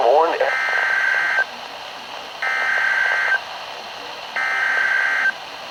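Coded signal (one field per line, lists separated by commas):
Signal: Emergency Alert System (SAME) tones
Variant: header bursts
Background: speech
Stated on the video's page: NOAA Weather Radio severe thunderstorm alerts on 162.475 and 162.450 MHz, received on Sangean CL100, Midland WR120EZ and Reecom R1650 radios.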